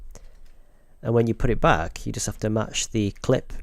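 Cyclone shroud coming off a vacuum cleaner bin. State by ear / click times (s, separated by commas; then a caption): released / 0.1 s. A Dyson Light Ball vacuum cleaner's plastic cyclone shroud is released from the bin: with the release button pushed, it is twisted gently and pops off with a sharp double click at 0.1 s and 0.2 s. Someone then talks.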